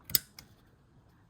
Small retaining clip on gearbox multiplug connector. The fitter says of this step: still locks into place to be honest